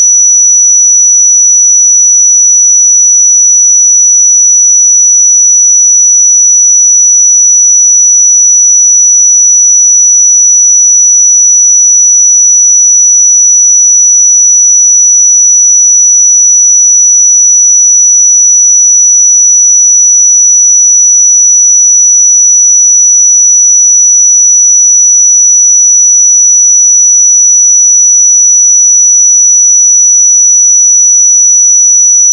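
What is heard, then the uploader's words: A pure sine tone at 5902 Hz sounds for the full length, a single thin, bright, high pitch with no other sound behind it. Its level holds perfectly steady from start to finish, with no pulsing, wavering or breaks. 5902 Hz 1 Hz Interval Sine Pure Tone Frequency 441000 Sample Mono.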